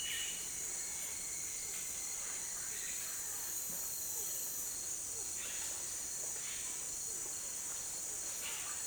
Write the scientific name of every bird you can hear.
none